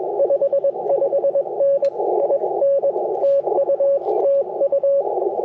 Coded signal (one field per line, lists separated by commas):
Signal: Morse code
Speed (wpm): 22 wpm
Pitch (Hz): 590 Hz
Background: radio noise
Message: 55N IN TU TU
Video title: Icom IC-705 First Impressions - QRP CW POTA 9/24/23 @ Tuskegee National Forest (K-4451)